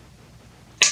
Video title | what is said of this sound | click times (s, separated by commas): Pellet Gun Overhaul and Scope Install | when you hear that click that means you've reached the recommended torque | 0.8 s